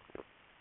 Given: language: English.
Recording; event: throat vibration sensor signal played as sound; swallow